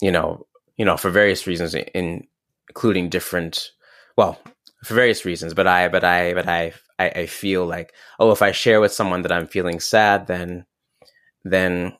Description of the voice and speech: Stuttering as an heirloom, something “precious and worthy of being cherished.”. Reframing the inherited genetic trait from something negative to positive.